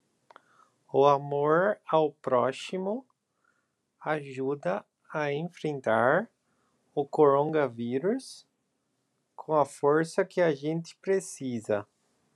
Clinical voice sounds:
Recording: spoken sentence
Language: Brazilian Portuguese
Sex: male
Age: 20 to 29 years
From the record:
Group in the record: control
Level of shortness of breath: 0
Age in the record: 26 years

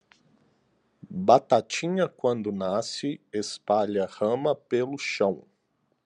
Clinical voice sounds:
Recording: short text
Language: Brazilian Portuguese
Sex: male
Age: 30 to 39 years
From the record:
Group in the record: control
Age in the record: 36 years

